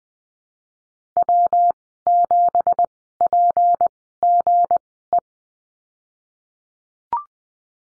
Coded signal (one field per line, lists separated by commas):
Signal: Morse code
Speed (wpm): 20 wpm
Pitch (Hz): 700 Hz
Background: none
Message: W7PGE